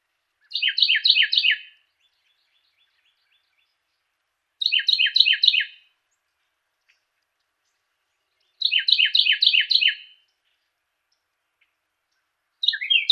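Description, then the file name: Carolina wren song: bursts of several rich, rolling downslurred phrases, each burst one to one and a half seconds long, repeated about every four seconds in silence. Song variation number three. "suara-kicauan-burung-carolina-wren-variasi-3-omkicau"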